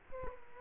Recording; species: mosquito wingbeat signal from an infrared sensor; Culex quinquefasciatus